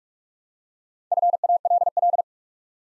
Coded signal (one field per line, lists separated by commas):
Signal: Morse code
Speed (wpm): 44 wpm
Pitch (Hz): 700 Hz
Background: none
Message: FALL